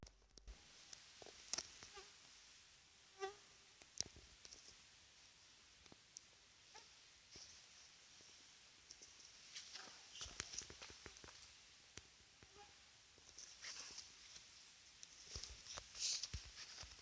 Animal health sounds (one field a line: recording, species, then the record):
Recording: mosquito flight sound by mobile phone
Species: Aedes sierrensis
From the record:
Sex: female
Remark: free flight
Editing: field recording with all noises